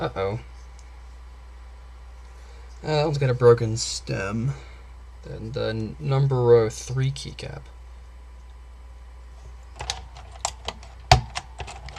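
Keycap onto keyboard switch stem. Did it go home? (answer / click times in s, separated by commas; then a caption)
yes / 11.1 s. Someone talks while a plastic keycap with a broken stem is pressed back onto an Alps key switch during the restoration of a Focus FK-2001 keyboard. A few light plastic ticks follow. A sharp snap at 11.1 s shows the cap still seats in place despite the damage.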